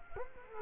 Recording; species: mosquito wingbeat signal from an infrared sensor; Culex quinquefasciatus